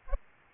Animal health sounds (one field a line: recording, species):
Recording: mosquito wingbeat signal from an infrared sensor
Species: Aedes aegypti